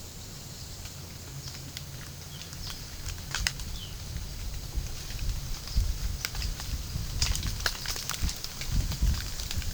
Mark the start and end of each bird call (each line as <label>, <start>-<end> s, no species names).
bird call, 1.38-2.87 s
bird call, 3.67-3.95 s